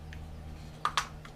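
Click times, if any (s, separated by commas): none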